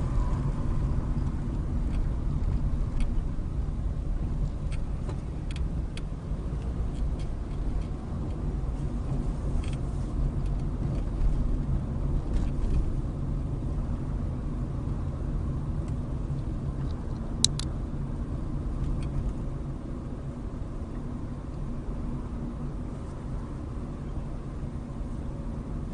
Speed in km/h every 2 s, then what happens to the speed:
24, 21, 19, 23, 26, 26, 26, 26, 26, 26, 26, 24, 24.
4-8 speeds up to 26. 8-26 steady at about 26.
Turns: 0-5.